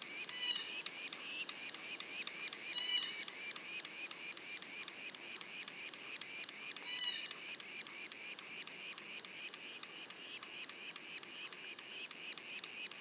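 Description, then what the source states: Yellow-bellied sapsucker juveniles give fast, nasal rising notes nearly four per second, with occasional extra higher notes. Juveniles, Mont-Orford National Park, Quebec, Canada; mono recording.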